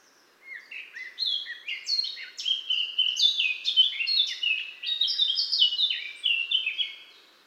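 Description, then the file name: Eurasian blackcap warbling song, a sustained run of bright, varied phrases with sliding notes. "Sylvia atricapilla"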